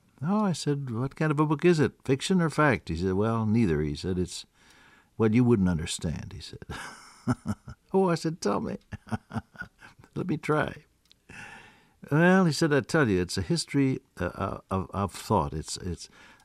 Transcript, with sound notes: “Oh,” I said “what kind of a book is it? Fiction or fact?” He said, “Well, neither,” he said “well, you wouldn’t understand,” he said. (Laughs) “Oh,” I said, “tell me. Let me try.” “Well,” he said “I tell you it’s a history of thought.